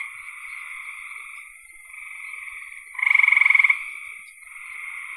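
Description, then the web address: Frogs trilling, one loud fast pulsed trill in the middle rising above a continuous background of fainter rasping frog calls. "cn frogs"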